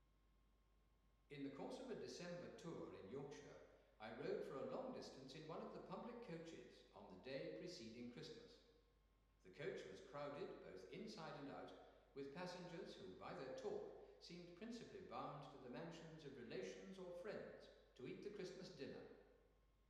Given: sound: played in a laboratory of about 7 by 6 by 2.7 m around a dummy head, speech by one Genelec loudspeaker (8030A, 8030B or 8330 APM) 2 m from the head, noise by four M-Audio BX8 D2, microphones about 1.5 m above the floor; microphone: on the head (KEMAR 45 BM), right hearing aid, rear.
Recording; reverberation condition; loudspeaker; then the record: male speech in English; high; 120 degrees to the right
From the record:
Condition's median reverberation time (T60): about 1300 ms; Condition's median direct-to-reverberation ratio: about -4.0 dB